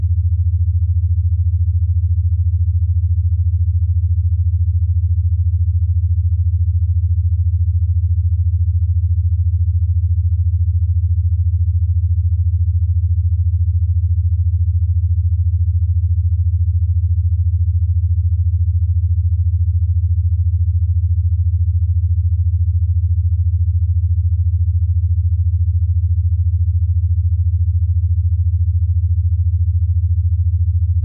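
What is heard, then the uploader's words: Alpha wave binaural beats: a single steady, very low hum held unchanged at constant loudness for the full half minute, with nothing else. Alpha Wave Binaural Beats • Deep Relaxation and Peace.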